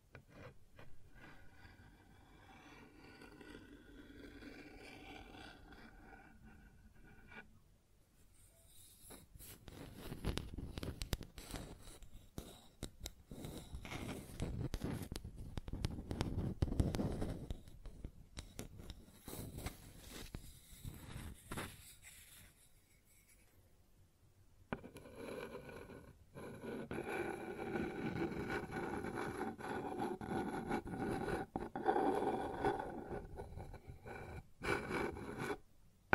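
ASMR sounds on a wooden surface: a soft, quiet opening gives way around eight seconds to dense scratching and rubbing with quick clicks. After a brief pause near twenty-five seconds, a steadier, rasping rub continues to the end.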